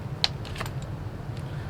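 Both side tabs on the plastic slide-in battery pack of a Milwaukee M12 cordless drill are pressed at the same time and the pack is pulled out of the drill's base. A sharp click sounds at 0.2 s as the pack releases, followed by a few softer sliding and scraping sounds. The battery pack comes free of the drill.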